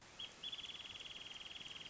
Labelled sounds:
Wrentit (Chamaea fasciata)
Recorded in Sonoma County, California

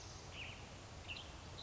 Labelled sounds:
Western Tanager (Piranga ludoviciana)
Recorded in Sonoma County, California

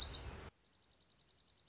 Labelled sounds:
Dark-eyed Junco (Junco hyemalis)
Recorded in Sonoma County, California

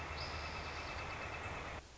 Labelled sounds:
Northern Flicker (Colaptes auratus)
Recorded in Sonoma County, California

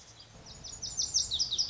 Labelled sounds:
Lazuli Bunting (Passerina amoena)
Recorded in Sonoma County, California

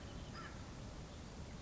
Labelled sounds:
American Crow (Corvus brachyrhynchos)
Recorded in Sonoma County, California

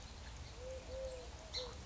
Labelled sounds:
Eurasian Collared Dove (Streptopelia decaocto)
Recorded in Sonoma County, California

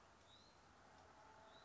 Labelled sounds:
Hutton's Vireo (Vireo huttoni)
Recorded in Sonoma County, California

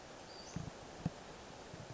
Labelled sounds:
Western Flycatcher (Empidonax difficilis)
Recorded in Sonoma County, California

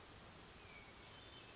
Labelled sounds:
Brown Creeper (Certhia americana)
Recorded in Sonoma County, California

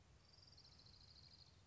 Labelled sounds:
Orange-crowned Warbler (Leiothlypis celata)
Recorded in Sonoma County, California

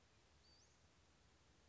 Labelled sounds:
Western Flycatcher (Empidonax difficilis)
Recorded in Sonoma County, California

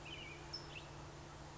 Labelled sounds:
California Towhee (Melozone crissalis)
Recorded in Sonoma County, California

